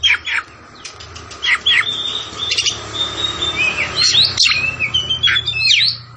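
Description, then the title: Oriental magpie-robin giving sharp whistled notes and sliding phrases over a steady background hum, the song more scattered and less dense than a full burst. Tretes; singing vigorously, described as gacor. "Kacer Tretes"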